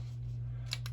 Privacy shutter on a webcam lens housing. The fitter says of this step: privacy cover right there it's got a nice satisfying click whenever that happens